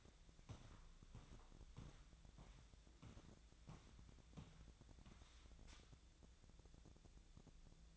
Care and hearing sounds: daily activity, microphone in the room; walk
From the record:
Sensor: 3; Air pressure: 1012.2 hPa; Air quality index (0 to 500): 183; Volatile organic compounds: 3 ppm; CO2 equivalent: 1400 ppm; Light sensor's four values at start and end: 49/129/56/58 and 50/134/58/61

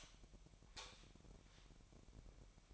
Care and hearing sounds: daily activity, microphone in the room; light off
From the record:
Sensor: 1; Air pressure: 1012.0 hPa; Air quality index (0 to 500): 231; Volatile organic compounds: 6 ppm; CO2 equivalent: 1841 ppm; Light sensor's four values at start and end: 16/45/18/20 and 13/30/13/14

